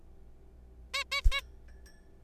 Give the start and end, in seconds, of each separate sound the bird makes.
0.94-1.03, 1.12-1.21, 1.32-1.41